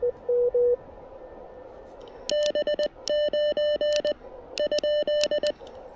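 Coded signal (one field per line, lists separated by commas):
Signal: Morse code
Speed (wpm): 20 wpm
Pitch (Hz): 3000 Hz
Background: none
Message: B9 ?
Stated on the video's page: Three-watt QRP POTA activation with an Elecraft KX1, wire end-fed antenna, and CW Morse SP4 paddles.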